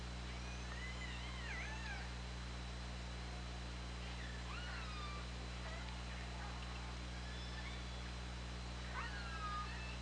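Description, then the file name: Orca calls, a series of wavering, rising and falling harmonic squeals throughout, some overlapping, above a steady droning hum. OrcaLab hydrophone recording, 24 August 2017, 20:21:32. "Orca Lab JASON 20170824 202132"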